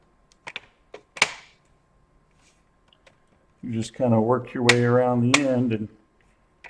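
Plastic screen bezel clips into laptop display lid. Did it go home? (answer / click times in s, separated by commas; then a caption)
no / none. A plastic screen bezel is being worked around the end of the display lid of a Dell Inspiron 17 5767 laptop during a screen replacement, to be squeezed back on so its clips snap in. Short plastic taps and clicks come in the first 1.3 seconds, the sharpest near 1.2 s, and then someone talks from about 3.7 to 6 seconds. Nothing has seated or clicked into place yet.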